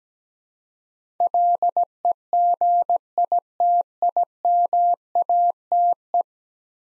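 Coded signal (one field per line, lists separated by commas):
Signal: Morse code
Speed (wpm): 17 wpm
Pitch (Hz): 700 Hz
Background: none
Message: LEGITIMATE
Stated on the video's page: Morse practice of 10-letter words at 17 wpm, each word sent twice in Morse around spoken prompts.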